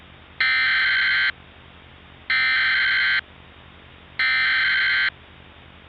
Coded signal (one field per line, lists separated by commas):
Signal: Emergency Alert System (SAME) tones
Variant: header bursts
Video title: The Squall From Hell | Upper Michigan (EAS Scenario)